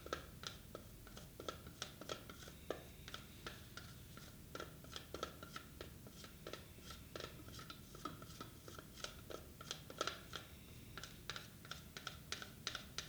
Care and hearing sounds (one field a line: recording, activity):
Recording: daily activity, guitar pickup as the sensor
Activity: fry